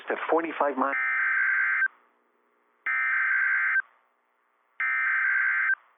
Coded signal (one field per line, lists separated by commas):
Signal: Emergency Alert System (SAME) tones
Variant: header bursts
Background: speech